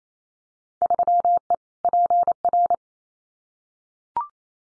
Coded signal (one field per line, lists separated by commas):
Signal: Morse code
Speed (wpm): 28 wpm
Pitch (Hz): 700 Hz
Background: none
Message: 3E PR